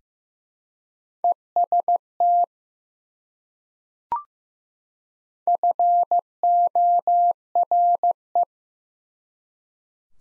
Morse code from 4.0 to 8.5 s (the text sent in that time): FORE